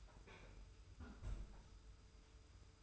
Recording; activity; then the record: daily activity, microphone in the room; close fridge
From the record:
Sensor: 2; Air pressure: 990.9 hPa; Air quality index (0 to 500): 126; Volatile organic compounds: 113 ppm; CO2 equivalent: 3837 ppm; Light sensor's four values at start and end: 23/54/21/21 and 22/54/21/21